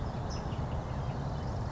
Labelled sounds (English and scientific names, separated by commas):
California Towhee (Melozone crissalis)